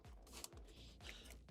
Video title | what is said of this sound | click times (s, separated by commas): Live! Computer Repair, Xbox Repair, PS5 Repair, Gaming PC Builds. #Malwarebytes | Hear all the clicking happening. | 0.4 s, 1.1 s